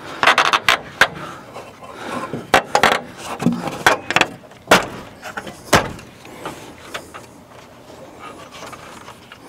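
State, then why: Seated. The plastic front grille's retaining tabs on a Chevy Silverado pickup truck are pressed back into the truck's front body. Sharp snaps are heard at 0.7, 1.0, 2.8, 3.9 and 4.2 seconds over some rustling and handling noise. All six tabs are seated back in place.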